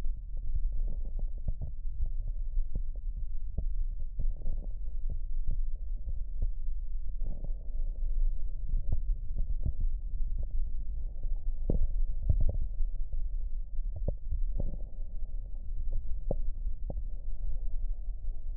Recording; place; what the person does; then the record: lung sounds by stethoscope; right posterior basal chest; quiet breathing, then deep breathing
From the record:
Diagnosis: COPD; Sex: male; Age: 65 years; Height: 162 cm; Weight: 67.8 kg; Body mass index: 25.8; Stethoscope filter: extended mode